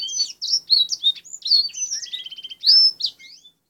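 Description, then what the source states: Canary singing a quick medley of bright chirps, slurred whistles and a short buzzy trill, ending with a loud rising whistle and a few soft notes. Canary song recording used as fill-in (isian) training, with black-throated canary song.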